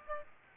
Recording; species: mosquito wingbeat signal from an infrared sensor; Aedes aegypti